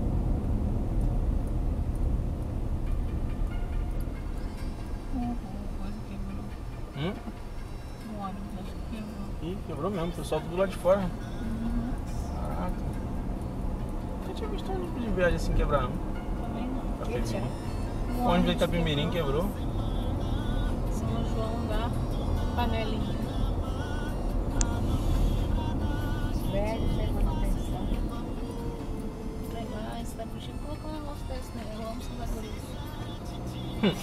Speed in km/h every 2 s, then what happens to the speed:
28, 22, 16, 12, 14, 21, 27, 32, 36, 40, 43, 44, 41, 33, 24, 16, 20.
0-5 slows to 12. 7-22 speeds up to 44. 22-29 brakes to 16.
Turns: none.